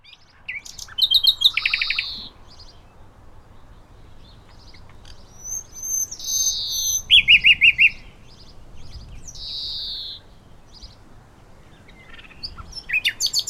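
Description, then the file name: Common nightingale song mixing long, drawn-out falling whistles with a quick burst of repeated chattering notes, and brief pauses between phrases. "Luscinia megarhynchos"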